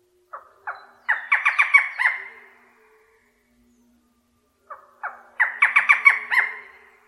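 Barred forest falcon giving two phrases, each opening with a couple of spaced notes, then a rapid run of six or seven harsh, barking notes.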